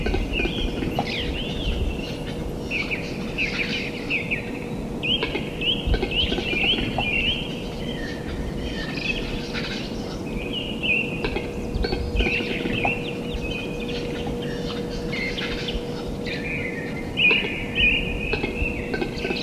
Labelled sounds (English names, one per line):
Western Capercaillie